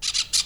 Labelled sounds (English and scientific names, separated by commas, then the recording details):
Brown-throated Parakeet (Eupsittula pertinax) contact call
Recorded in Venezuela
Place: Cerro Saroche, Hato Dalmatela, Edo. Lara
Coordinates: 10.149, -69.534